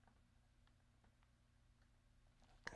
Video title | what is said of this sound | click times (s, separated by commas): RandomStream(r) Eachine AR Wing Pro SE Unboxing and iNav Build Part 2 | and we push it in until we hear that click | 2.7 s